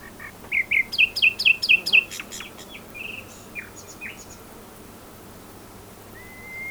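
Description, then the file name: Common nightingale song: a fast, loud burst of repeated chirping notes, then softer scattered notes and a single long rising whistle near the end. "Luscinia megarhynchos"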